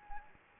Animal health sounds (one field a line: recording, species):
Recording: mosquito wingbeat signal from an infrared sensor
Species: Anopheles gambiae